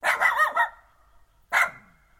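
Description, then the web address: Small dog barking, a quick run of four sharp yaps followed after a pause by one more. "Sound Effects-Foundation 1 ANIMAL DOG SMALL. BARKING"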